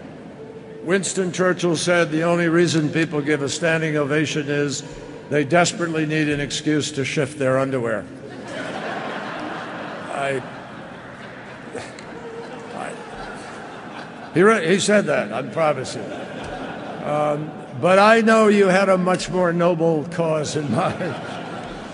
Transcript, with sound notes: Winston Churchill said the only reason people give a standing ovation is they desperately need an excuse to shift their underwear. (Laughter.) He really '' he said that, I promise you. But I know you had a much more noble cause in mind.